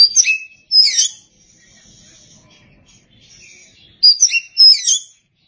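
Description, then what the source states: Oriental magpie-robin song: two quick sweeping whistled phrases, a soft thin sustained note, then two more bright twisting phrases. Chirping song.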